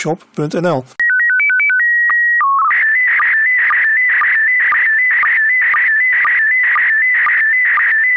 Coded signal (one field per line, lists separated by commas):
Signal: SSTV (slow-scan television)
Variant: PD 120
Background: speech